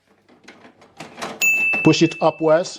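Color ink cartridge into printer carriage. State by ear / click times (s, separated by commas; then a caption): not seated / none. A color ink cartridge is slid into the carriage slot of an HP Deskjet 4120e printer and positioned, ready to be pushed upward. Faint handling knocks come between 0.3 and 1.0 s, then a steady high tone starts at 1.4 s while someone talks. Nothing has seated or clicked yet.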